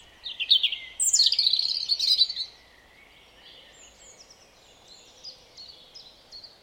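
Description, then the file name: European robin song, a bright phrase of rapid high warbling notes, followed by fainter, softer notes. "Erithacus rubecula"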